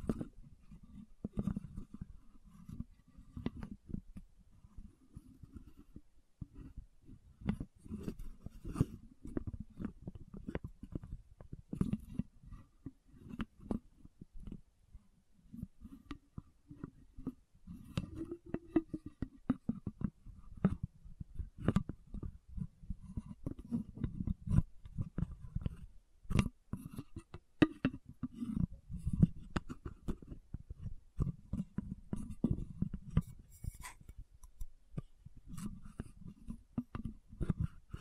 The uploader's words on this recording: Lid Sounds & Bottle Tapping, Scratching. (No Talking).